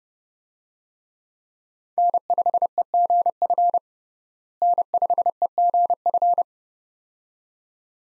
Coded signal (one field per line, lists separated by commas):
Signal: Morse code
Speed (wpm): 30 wpm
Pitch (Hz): 700 Hz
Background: none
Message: N5EGF N5EGF